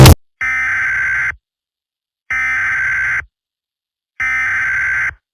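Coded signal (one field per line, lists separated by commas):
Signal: Emergency Alert System (SAME) tones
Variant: header bursts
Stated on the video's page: Fictional EAS scenario made as a parody edit, not a real alert.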